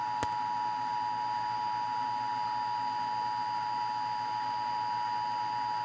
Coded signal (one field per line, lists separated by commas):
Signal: Emergency Alert System (SAME) tones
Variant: 853 and 960 Hz attention tone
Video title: EAS Scenario #1 Mouse Infestation